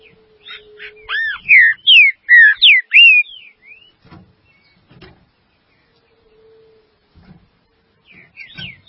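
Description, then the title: Green-winged saltator delivering one loud, fast phrase of swooping whistles, followed by near silence with occasional soft taps. "Trinca Ferro"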